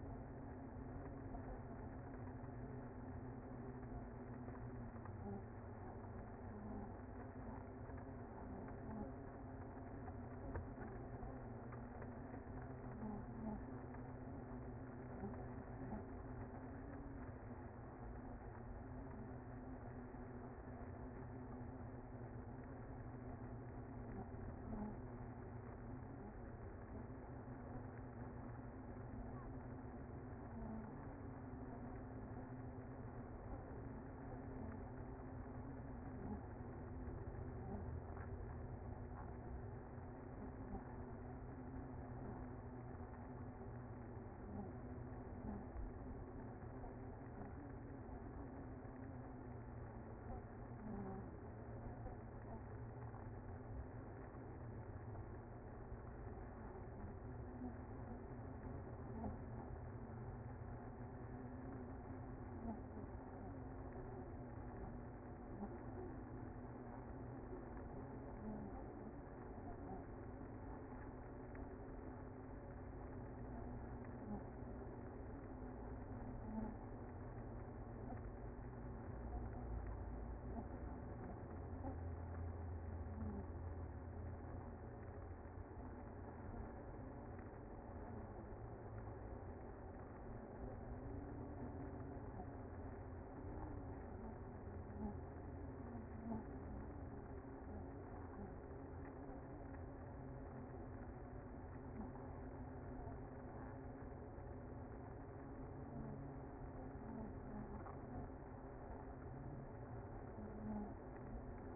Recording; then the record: honeybee colony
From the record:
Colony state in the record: active